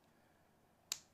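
The locking collar on the adjustment handle of a Milwaukee 1/4 inch metal click torque wrench snaps into place as the handle is turned to 100 in-lbf, with the collar locking automatically at each tenth. A single sharp, bright snap sounds at 0.9 s over a quiet background, and the locking collar is seated.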